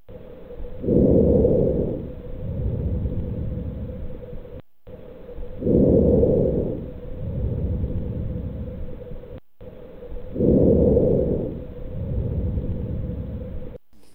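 Normal vesicular breath sounds over an adult chest by stethoscope, at sites away from the large airways: a soft sound like wind blowing through the leaves of a tree, about 13 breaths per minute, each inspiration louder than the quieter expiration that follows. The most common sound heard in the absence of lung disease.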